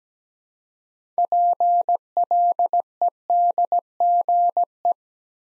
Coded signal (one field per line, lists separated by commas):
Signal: Morse code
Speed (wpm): 17 wpm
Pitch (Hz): 700 Hz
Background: none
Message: PLEDGE